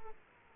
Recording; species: mosquito wingbeat signal from an infrared sensor; Aedes aegypti